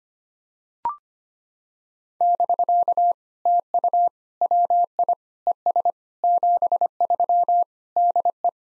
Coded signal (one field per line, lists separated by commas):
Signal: Morse code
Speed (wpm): 25 wpm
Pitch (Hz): 700 Hz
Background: none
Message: <BK> TU WI ES 73 DE